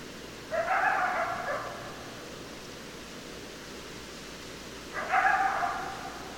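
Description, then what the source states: Coyote giving two rough, harsh calls several seconds apart, with steady hiss between them. Several coyotes, recorded 10 December 2012.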